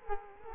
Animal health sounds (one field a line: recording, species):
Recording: mosquito wingbeat signal from an infrared sensor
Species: Culex quinquefasciatus